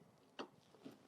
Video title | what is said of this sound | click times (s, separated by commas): 🌿🌿 CU-BU-VVPT connection , sealing and mock poll before actual vote -- বিধানসভা vote 2026 | করে যদি এখানে ঢুকিয়ে যদি একটুখানি প্রেস করে দেন, একটা খট করে আওয়াজ হবে, তাহলে বুঝবেন যে ভিভিপ্যাডের সাথে বিইউ কানেক্ট হয়ে গেছে। | 0.4 s